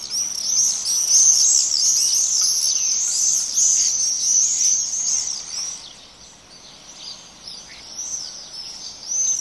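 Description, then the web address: Common swift screams, a dense chorus of shrill, buzzy rising-and-falling notes that thins out later, then a few scattered screams return near the end. "Bird Song Site Swift - Martinet"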